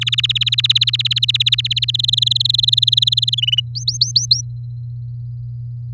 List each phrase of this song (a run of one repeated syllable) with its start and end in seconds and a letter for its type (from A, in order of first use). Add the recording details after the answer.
0.01-1.85 A, 1.88-3.35 B, 3.37-3.60 C, 3.75-4.41 D. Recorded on 7 May 2018 at 17:46. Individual llb16